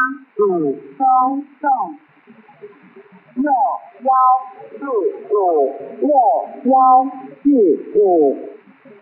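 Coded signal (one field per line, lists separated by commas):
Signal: numbers station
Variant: V13, Chinese military reading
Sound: a voice reading about eleven short, evenly paced Chinese number syllables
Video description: Star Broadcasting Station is a Taiwan clandestine shortwave number station which send instructions to agencies/spies working in P. R. C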